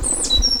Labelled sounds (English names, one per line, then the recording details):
Stitchbird song
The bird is a male
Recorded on Tiritiri Matangi Island, New Zealand, in 2005
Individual 8, of nest box 10